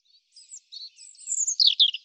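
European robin song, a single short phrase of thin high whistles building into louder tumbling twittered notes.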